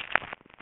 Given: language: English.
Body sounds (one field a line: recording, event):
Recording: throat vibration sensor signal played as sound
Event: swallow